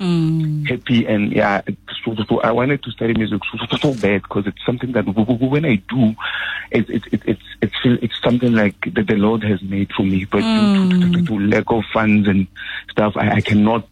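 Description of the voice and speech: An adult man's voice over a narrow telephone line, calling in to a radio show, speaks in bursts with repeated sounds and syllables: "so-so-so-so," "wu-wu-wu," "tu-tu-tu-tu," plus brief halting pauses. These repetitions are typical of stuttering, a fluency disorder that interrupts the flow of speech.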